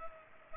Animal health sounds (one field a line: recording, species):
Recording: mosquito wingbeat signal from an infrared sensor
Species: Culex pipiens